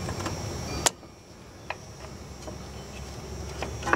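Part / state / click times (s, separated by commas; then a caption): drum brake hardware (shoe or adjuster part) onto its pivot on the brake backing plate / not seated / none. A drum brake part, either a shoe or an adjuster piece, is handled and repositioned on its pivot on the brake backing plate of a 1979 Ford F150 4x4 pickup. Sharp metallic taps ring out near 0.9 s and 3.9 s, with a fainter tick around 1.7 s, over a low steady background hum. Nothing has seated or clicked into place yet.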